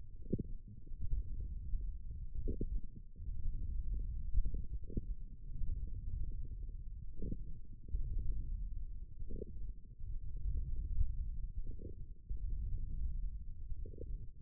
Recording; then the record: forearm muscle sounds (acoustic myography)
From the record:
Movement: wrist flexion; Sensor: system 1, eight BSWA MPA416 microphones around the upper forearm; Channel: 2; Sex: male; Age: 18 years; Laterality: right